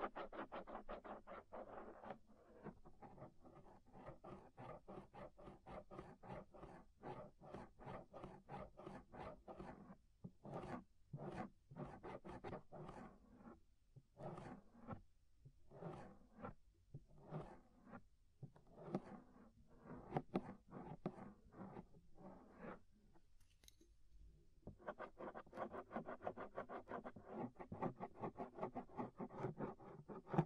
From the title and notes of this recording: Inner and Outer Ear Scraping (No Talking).